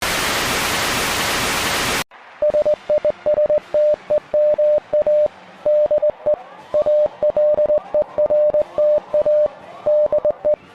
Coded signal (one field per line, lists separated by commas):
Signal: Morse code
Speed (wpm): 18 wpm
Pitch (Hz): 600 Hz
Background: music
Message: SISTEMA DE ALERTA DE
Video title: EAS Scenario | Chile | Terremoto de 1960